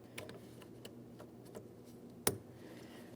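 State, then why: Seated. A wiring harness electrical connector is lined up by its locking tab and pressed onto the plastic base of a new low beam headlamp bulb for a 2015-2025 Ford Transit. A few faint ticks come before one sharp, loud click at 2.3 s. The connector is confirmed seated and holds when given a light tug.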